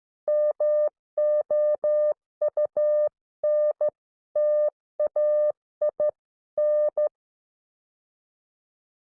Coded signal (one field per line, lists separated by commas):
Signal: Morse code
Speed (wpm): 13 wpm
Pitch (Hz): 600 Hz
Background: none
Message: MOUNTAIN